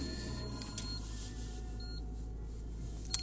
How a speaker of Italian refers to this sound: Mentre suona uno strano allarme, probabilmente la macchina è convinta che io abbia un passeggero nel sedile accanto, in realtà è il mio zaino. Adesso ho messo lo zaino in piedi e l'allarme si è placato.